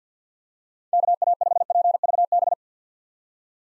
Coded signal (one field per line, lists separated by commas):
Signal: Morse code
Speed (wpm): 48 wpm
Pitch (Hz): 700 Hz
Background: none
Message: KA5PVB